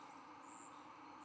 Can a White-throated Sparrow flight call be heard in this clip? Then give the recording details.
no. No flight call is heard. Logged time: 11:29 on 11 November 2014